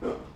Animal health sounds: pig call; growing-finishing pig (85 days or more)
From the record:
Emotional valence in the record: positive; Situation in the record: run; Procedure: transit

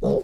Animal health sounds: pig call; piglet (1 to 25 days)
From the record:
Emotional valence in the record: negative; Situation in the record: long isolation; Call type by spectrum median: low-frequency call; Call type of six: low-frequency tonal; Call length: 0.24 s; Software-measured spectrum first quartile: 208 Hz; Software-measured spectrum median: 393 Hz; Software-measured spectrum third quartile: 507 Hz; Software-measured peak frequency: 508 Hz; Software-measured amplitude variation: 107 dB a second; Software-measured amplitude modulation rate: 22.7 a second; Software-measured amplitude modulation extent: 4.7 dB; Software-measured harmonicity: 3.7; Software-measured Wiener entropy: -1.00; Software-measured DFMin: 1086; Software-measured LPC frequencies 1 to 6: 487, 3708, 4506, 5291, 6453, 7474 Hz

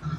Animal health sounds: pig call; growing-finishing pig (85 days or more)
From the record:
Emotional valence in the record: positive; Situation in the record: run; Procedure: transit

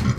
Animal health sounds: pig call; growing-finishing pig (85 days or more)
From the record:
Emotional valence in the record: positive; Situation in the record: run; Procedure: transit

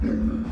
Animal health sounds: pig call; growing-finishing pig (85 days or more)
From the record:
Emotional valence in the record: negative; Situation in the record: barren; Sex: female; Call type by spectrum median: low-frequency call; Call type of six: low-frequency stable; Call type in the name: low-frequency stable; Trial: 3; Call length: 0.52 s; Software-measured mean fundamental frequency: 56 Hz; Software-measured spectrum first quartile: 101 Hz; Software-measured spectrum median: 204 Hz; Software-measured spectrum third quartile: 281 Hz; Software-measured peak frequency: 232 Hz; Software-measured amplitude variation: 153 dB a second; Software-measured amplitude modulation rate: 30.0 a second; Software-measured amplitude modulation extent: 5.1 dB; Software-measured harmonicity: 3.6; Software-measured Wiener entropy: -0.92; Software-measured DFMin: 649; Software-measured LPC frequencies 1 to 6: 274, 1442, 2325, 3397, 4455, 5052 Hz

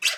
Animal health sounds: pig call; piglet (1 to 25 days)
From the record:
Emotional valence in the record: negative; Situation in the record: restrain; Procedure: in the arms of a person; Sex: male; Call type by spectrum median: high-frequency call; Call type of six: low-frequency tonal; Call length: 0.18 s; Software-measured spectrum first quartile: 2719 Hz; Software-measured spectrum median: 3712 Hz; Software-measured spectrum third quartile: 5885 Hz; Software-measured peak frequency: 2717 Hz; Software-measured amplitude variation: 175 dB a second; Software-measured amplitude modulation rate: 13.7 a second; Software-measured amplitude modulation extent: 12.8 dB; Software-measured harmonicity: 3.2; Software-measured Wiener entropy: -1.71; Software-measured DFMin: 691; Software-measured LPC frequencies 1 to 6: 1740, 2695, 3248, 3968, 4765, 5509 Hz

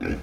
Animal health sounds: pig call; growing-finishing pig (85 days or more)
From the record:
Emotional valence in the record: negative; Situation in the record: barren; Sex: male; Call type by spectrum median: low-frequency call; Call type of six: low-frequency tonal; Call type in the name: low-frequency stable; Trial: 3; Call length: 0.23 s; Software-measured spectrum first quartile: 206 Hz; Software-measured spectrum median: 395 Hz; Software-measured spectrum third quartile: 1198 Hz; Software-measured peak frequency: 250 Hz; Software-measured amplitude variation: 134 dB a second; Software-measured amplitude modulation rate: 23.9 a second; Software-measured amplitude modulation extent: 5.6 dB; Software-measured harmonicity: 1.6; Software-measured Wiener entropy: -1.85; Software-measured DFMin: 1018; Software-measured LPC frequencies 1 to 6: 373, 1552, 2372, 3352, 4327, 4992 Hz

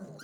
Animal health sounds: pig call; piglet (1 to 25 days)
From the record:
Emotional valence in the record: negative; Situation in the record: long isolation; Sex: male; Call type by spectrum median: low-frequency call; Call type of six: mixed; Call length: 0.24 s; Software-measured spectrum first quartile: 232 Hz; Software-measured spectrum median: 586 Hz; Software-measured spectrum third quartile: 2307 Hz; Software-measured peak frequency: 189 Hz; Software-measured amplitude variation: 124 dB a second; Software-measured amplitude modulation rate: 22.9 a second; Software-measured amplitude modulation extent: 5.4 dB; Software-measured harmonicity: 3.4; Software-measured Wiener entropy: -2.84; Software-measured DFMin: 1060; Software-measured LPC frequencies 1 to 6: 413, 1483, 3070, 4155, 4703, 5674 Hz

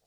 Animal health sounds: pig call; piglet (1 to 25 days)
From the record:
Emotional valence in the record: positive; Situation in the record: short reunion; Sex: male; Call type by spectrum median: low-frequency call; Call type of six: low-frequency stable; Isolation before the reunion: 3 minutes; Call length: 0.07 s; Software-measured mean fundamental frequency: 80 Hz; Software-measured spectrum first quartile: 533 Hz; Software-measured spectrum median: 2327 Hz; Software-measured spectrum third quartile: 8106 Hz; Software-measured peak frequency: 690 Hz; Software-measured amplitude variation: 41 dB a second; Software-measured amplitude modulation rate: 6.9 a second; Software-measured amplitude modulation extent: 5.9 dB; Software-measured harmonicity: -0.5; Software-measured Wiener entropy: -1.50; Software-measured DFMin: 560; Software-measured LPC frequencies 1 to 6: 664, 1796, 3895, 4721, 5299, 6999 Hz

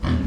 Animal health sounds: pig call; growing-finishing pig (85 days or more)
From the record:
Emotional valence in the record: negative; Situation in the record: barren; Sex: female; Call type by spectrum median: low-frequency call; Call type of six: low-frequency stable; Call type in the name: low-frequency stable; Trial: 3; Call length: 0.27 s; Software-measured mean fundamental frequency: 47 Hz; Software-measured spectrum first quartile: 93 Hz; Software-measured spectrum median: 199 Hz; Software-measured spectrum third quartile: 470 Hz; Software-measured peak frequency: 245 Hz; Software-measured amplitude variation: 145 dB a second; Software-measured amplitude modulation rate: 29.8 a second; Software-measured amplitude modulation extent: 4.9 dB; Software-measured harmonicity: -2.4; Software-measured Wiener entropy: -1.07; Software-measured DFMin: 671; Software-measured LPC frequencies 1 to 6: 1178, 1850, 3257, 4589, 5400, 6245 Hz

